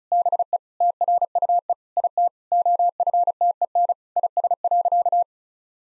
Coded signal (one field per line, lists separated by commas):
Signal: Morse code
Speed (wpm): 36 wpm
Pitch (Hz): 700 Hz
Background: none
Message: BE TRUE IT OFTEN IS.